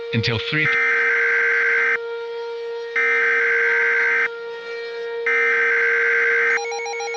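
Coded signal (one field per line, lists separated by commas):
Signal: Emergency Alert System (SAME) tones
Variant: header bursts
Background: speech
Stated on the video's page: Fictional, hypothetical EAS scenario about tornadoes, not a real alert.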